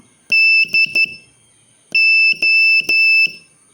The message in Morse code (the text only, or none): DO